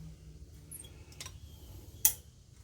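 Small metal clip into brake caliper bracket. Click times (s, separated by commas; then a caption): 2.0 s. A small metal clip that had come out of the brake caliper bracket a while ago is pressed back into the bracket on a 2005 Chevy Silverado during hub and bearing work. Faint ticks sound near 0.7 and 1.2 s over a low hum, then a sharp, loud metallic snap at 2.1 s as the clip seats back in place.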